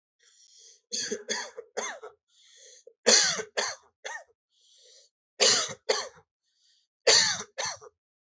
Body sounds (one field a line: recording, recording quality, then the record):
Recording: heavy voluntary cough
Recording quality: excellent, no background noise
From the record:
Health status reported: healthy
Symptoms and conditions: cold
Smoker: not ticked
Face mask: not worn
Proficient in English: yes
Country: India